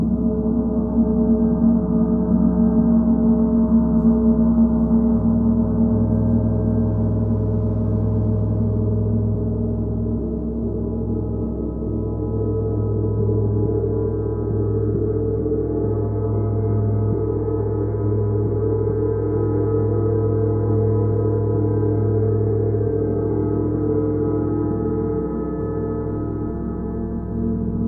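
Gong practice: the gong is kept ringing the whole time in a thick, sustained wash of low, humming tones with no clear silences. The loudness stays nearly even, while the deepest pitches shift now and then, around five, ten to twelve, and twenty-five seconds.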